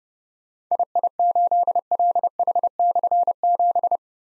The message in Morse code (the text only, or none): II8LH/7